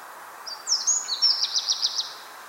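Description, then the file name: Eurasian wren with a few high sliding notes followed by a fast run of repeated ticking notes, against a faint even hiss. "Troglodytes troglodytes"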